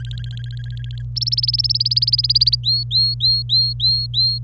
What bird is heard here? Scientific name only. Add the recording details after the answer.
Serinus canaria. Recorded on 25 April 2018 at 14:48. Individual llb3